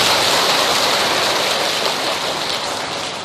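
A crowd applauds enthusiastically for a Buddhist monk who has just spoken, dense steady clapping that fills the whole stretch as a continuous crackling wash, slightly tapering toward the end, with no voices.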